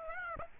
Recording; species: mosquito wingbeat signal from an infrared sensor; Aedes aegypti